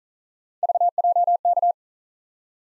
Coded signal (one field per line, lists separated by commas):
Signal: Morse code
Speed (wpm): 40 wpm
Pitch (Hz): 700 Hz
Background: none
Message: VJK